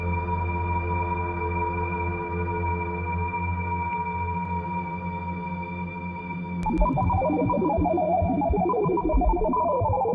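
A deep, steady drone hums for the first six seconds, with a low rumbling layer under a few held ringing tones, like a struck bowl. Just before seven seconds a pair of sharp clicks lands, and a busier, warbling wash of shifting mid tones takes over, slightly louder.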